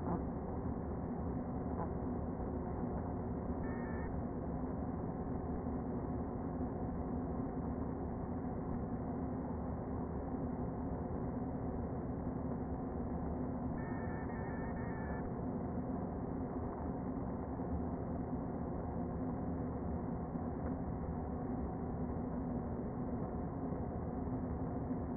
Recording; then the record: honeybee colony, microphone inside the hive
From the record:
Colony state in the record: queen present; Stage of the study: before two queens were removed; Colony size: about 60,000 bees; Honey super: yes